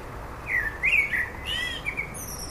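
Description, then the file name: Common blackbird giving a fluting, warbled phrase of linked mellow notes, topped by a thin, high squeaky twitter at the close. "Turdus merula"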